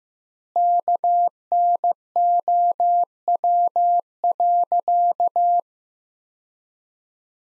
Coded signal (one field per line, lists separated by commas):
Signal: Morse code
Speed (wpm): 15 wpm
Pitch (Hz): 700 Hz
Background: none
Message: KNOW.